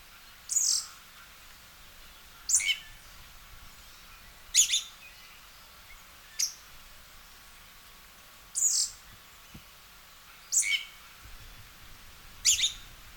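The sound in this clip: Western red-legged thrush with a string of high, sharp call notes, about one every two seconds, several with a lower tail, over low hiss.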